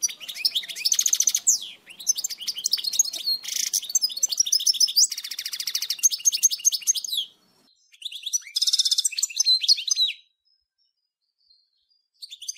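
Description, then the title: European goldfinch in long, rapid, tinkling song with chattering notes and buzzy trills, nearly continuous for seven seconds, then shorter bursts. "Chant Chardonneret"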